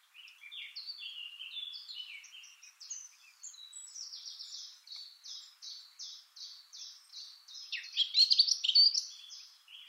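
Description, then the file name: Eurasian blackcap song: a quick run of scratchy warbled notes, then a steady series of short repeated chirps, ending in a louder, richer flourish near the close. "Sylvia atricapilla"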